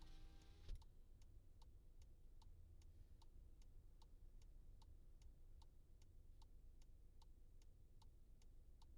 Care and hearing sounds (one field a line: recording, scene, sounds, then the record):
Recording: everyday scene through a hearing-aid microphone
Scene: in a vehicle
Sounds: engine idling, traffic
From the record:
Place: Skoda Fabia, gasoline engine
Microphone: in the ear canal, left